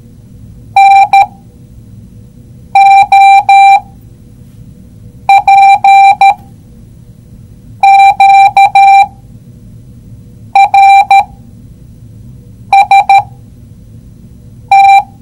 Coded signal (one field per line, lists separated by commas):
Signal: Morse code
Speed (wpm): 13 wpm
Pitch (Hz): 790 Hz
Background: none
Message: N O P Q R S T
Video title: See & hear morse code!